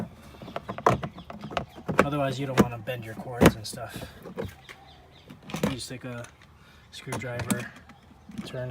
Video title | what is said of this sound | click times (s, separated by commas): Star Wars Luke Skywalker's Landspeeder Unboxing | So the seat just snaps right in. | 0.9 s